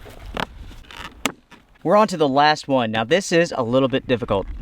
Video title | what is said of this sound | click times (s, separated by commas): What A TERRIBLE Name! SunDick Folding Table - Is It a Worthy OneTigris Alternative? | you lock it into place by pushing it down onto those supports you can hear it click in | 1.3 s